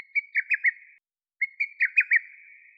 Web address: Lesser cuckoo